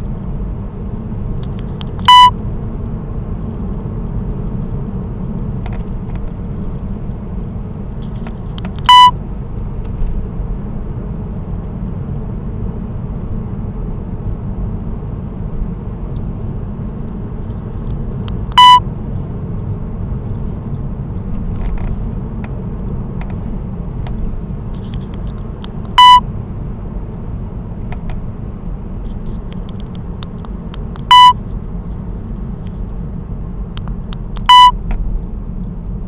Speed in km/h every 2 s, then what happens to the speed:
70, 72, 71, 73, 72, 70, 70, 70, 70, 70, 70, 69, 69, 68, 65, 61, 56, 52.
0-25 steady at about 70. 25-36 slows to 52.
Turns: none.